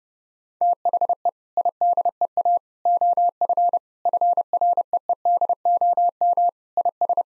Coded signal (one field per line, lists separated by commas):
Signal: Morse code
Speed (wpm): 30 wpm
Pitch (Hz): 700 Hz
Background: none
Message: THE IDEA OF FREEDOM IS